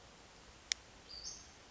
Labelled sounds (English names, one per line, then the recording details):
Western Flycatcher
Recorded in Sonoma County, California